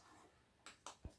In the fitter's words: it snapped into place